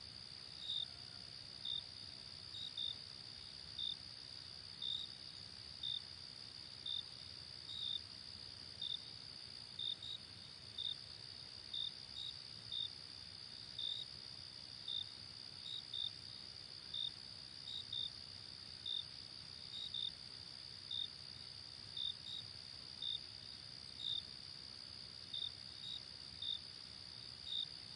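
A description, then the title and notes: A steady night ambience of crickets, one chirping in regular short pulses about once a second over a constant high trill. Night Ambience with Cricket Sound.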